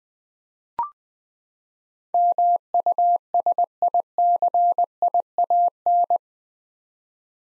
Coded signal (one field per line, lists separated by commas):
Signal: Morse code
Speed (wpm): 20 wpm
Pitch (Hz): 700 Hz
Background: none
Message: MUSICIAN